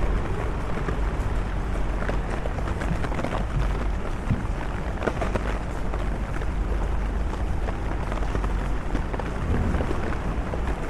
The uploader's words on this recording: LONDON CITY WALK UNDER THE RAIN ASMR AMBIENT NOISES. The podcast features a walk in London, under the rain.